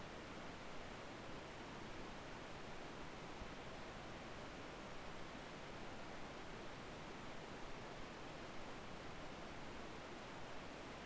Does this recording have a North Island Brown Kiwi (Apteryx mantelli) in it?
no